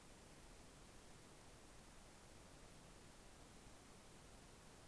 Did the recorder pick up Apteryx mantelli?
no